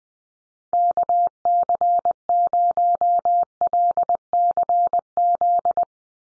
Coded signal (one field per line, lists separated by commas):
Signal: Morse code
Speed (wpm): 20 wpm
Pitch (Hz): 700 Hz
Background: none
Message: KC0LCZ